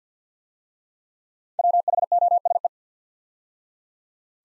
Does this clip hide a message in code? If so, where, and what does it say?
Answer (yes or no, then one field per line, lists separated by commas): yes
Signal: Morse code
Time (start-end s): 1.6-2.7 s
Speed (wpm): 52 wpm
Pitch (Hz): 700 Hz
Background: none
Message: WHOSE